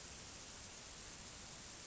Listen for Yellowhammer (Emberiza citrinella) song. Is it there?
no